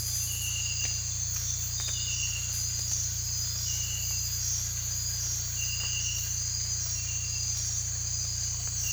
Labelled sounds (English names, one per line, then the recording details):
none
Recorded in dense forest near Puerto Asís, Putumayo, Colombia, on 18 December 2024 at 03:30
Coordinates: 0.467, -76.328
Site GP05